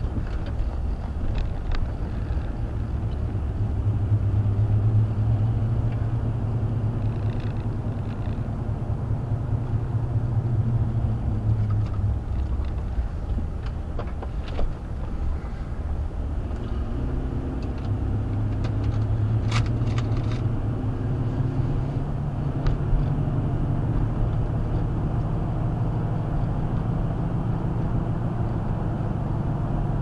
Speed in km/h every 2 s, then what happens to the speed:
26, 32, 39, 42, 42, 35, 27, 26, 32, 39, 47, 52, 56, 58, 58.
0-5 speeds up to 42. 9-14 slows to 26. 14-23 speeds up to 56. 23-30 steady at about 58.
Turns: 10-16.